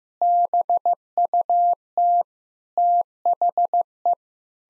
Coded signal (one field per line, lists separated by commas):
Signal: Morse code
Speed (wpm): 16 wpm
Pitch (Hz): 700 Hz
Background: none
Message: BUT THE